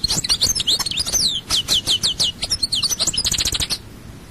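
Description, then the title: European goldfinch song: continuous rapid twittering with sliding whistles and a quick run of tinkling notes at the end. "Chant Chardonneret"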